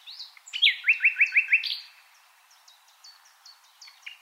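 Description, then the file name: Common nightingale singing a loud run of quick repeated notes, followed by a softer stretch of evenly repeated chirps. "Luscinia megarhynchos"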